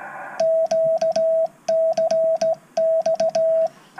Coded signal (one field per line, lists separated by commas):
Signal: Morse code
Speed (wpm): 16 wpm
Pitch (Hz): 650 Hz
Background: radio noise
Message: QCX